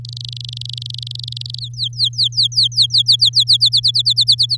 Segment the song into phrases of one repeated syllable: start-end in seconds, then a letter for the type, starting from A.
0.05-1.59 A, 1.60-3.44 B, 3.47-4.57 C